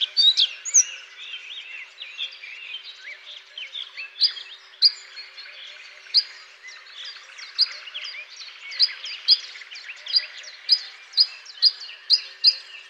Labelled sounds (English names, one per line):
Bluethroat song